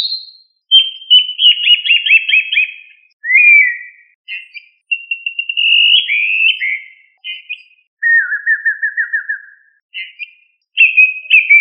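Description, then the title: Thrush song of rich whistled and warbled phrases, including steady trills and a lower descending rattle, separated by brief gaps. "Familia Turdidae - Sabia"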